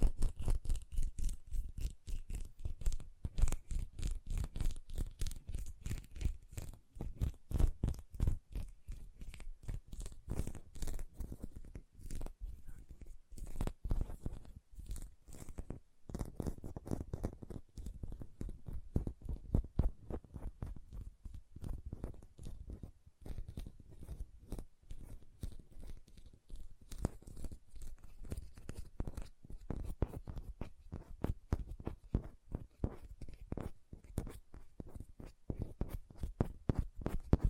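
Hand sounds with fast nail tapping and rubbing, a dense stream of short clicks and taps running almost without pause for the whole stretch. The taps are mostly low and thumpy with brighter crackly edges, their rhythm irregular, with brief slower patches around the middle.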